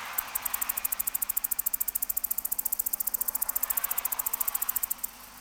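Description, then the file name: Cicada song: a brisk series of high, crisp pulses, lasting nearly five seconds before ending. "Tettigeta argentata"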